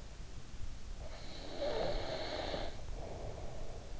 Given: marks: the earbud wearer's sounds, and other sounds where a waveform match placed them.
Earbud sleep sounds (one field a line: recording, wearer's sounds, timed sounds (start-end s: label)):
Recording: sounds in sleep by an in-ear microphone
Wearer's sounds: snoring breath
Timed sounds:
0.90-3.99 s: snoring breath